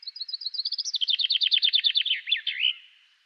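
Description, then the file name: Common chaffinch song: an accelerating series of high chirps quickening into a descending rattling trill, ending in a brief twisted flourish, all within about three seconds. "Fringilla coelebs"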